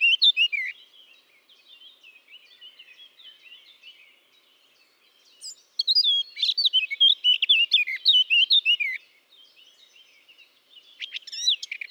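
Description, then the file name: Eurasian blackcap singing, a few loud notes and then soft subdued chattering at first, then a loud, hurried jumble of twittering and whistled notes for about three and a half seconds, with another short burst near the end. "Sylvia atricapilla"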